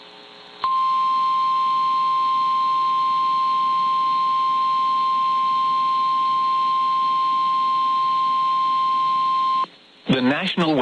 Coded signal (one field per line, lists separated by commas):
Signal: Emergency Alert System (SAME) tones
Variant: 1050 Hz attention tone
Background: speech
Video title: Tornado Warning (3/5/26) [EAS #357]